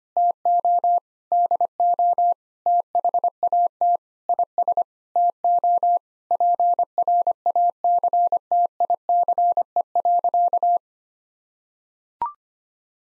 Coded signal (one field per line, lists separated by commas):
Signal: Morse code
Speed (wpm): 25 wpm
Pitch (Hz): 700 Hz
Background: none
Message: TO DO THAT IS TO PRACTICE.